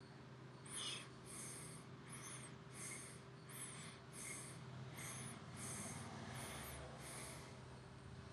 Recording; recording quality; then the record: shallow breathing; excellent, no background noise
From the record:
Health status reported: recovered from COVID-19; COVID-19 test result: negative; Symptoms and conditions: none ticked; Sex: male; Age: 26 years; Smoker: not ticked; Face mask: not worn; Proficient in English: yes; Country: India